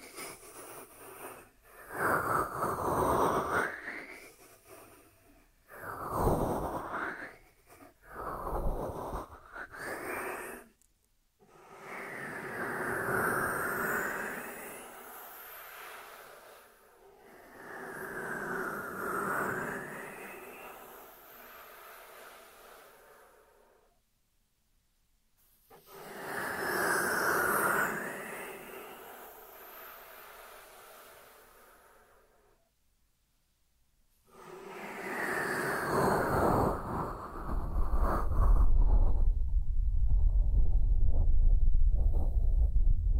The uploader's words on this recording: Dry Dry Hand Sounds. (No Talking).